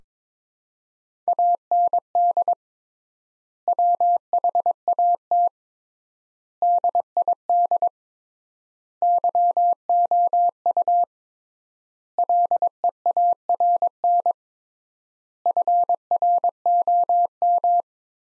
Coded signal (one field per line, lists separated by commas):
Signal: Morse code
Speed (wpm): 22 wpm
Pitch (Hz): 700 Hz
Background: none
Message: AND WHAT DID YOU LEARN FROM